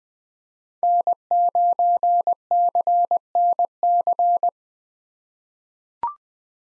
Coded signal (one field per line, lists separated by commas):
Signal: Morse code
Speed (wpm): 20 wpm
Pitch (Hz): 700 Hz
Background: none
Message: N9CNC